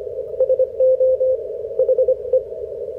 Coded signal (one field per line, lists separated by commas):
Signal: Morse code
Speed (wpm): 26 wpm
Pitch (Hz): 530 Hz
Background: none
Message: SO HE